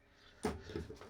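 A steel circlip is pushed into its groove in the bore of a motorcycle front brake master cylinder with circlip pliers. A sharp metallic click is heard at 0.4 s, followed by a softer knock around 0.8 s. The circlip is only partly seated, not home on one side.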